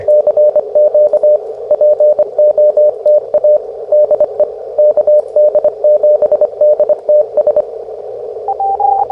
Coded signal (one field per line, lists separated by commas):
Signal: Morse code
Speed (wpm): 24 wpm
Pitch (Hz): 600 Hz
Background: radio noise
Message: CQ POTA DE KD7DTS